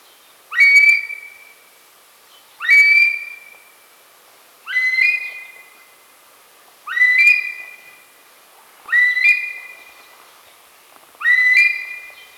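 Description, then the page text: Himalayan monal calling: loud rising whistled wail with a sharp onset, trailing off, repeated about every two seconds, six times in a row. Female call. "Himalayan Monal Female Call. Quick Sounds"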